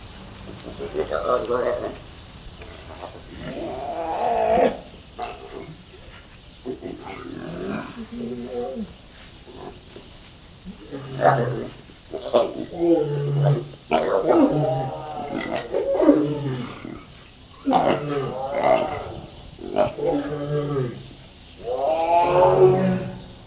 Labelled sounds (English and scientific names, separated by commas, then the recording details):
Lion (Panthera leo) call
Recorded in captivity
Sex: group
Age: diverse
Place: Zoo Halle, Sachsen-Anhalt, DE
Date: 1965-10-23 14:00
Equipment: Telefunken Magnetophon 300, Sennheiser MD 421, Transistorverstärker 2
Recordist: Tembrock, Günter